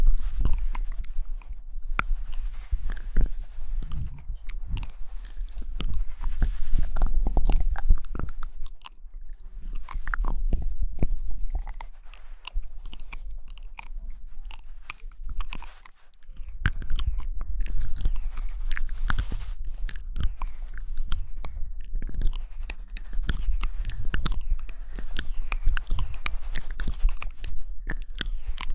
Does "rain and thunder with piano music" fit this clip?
no